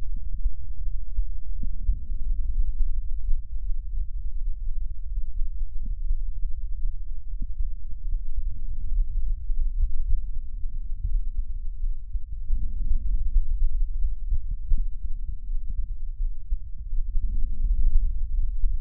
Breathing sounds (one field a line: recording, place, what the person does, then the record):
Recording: lung sounds by stethoscope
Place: right anterior apical chest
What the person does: quiet breathing, then deep breathing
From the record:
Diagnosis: COPD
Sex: female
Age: 75 years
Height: 155 cm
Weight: 67.6 kg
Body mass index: 28.1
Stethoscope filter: bell mode